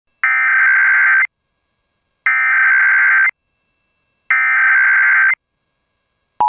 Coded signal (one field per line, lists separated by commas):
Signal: Emergency Alert System (SAME) tones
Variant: header bursts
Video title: National Periodic Test 2021 EAS